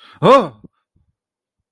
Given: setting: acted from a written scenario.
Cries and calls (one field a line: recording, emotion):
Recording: vocal sound without words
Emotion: negative surprise